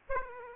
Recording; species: mosquito wingbeat signal from an infrared sensor; Aedes aegypti